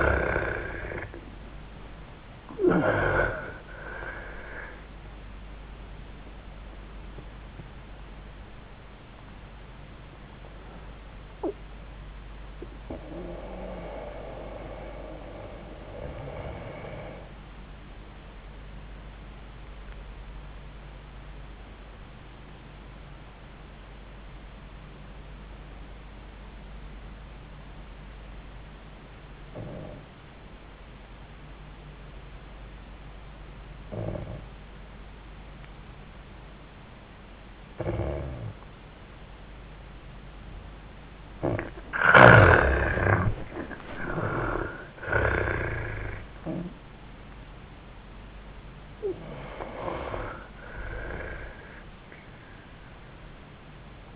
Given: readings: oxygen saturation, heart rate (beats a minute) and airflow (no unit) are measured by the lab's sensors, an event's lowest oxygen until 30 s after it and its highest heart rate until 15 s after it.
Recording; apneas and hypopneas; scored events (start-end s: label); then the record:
breathing in sleep by a voice recorder at the bedside; 1
20.00-39.70 s: obstructive apnea (N2, oxygen 98% highest, then 79% lowest)
From the record:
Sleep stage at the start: N2 (light sleep); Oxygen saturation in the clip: 73 to 98%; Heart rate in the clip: 83 to 99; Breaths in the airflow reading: 6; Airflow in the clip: -15.1 to 8.9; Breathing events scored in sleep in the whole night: 400 in 8.7 hours asleep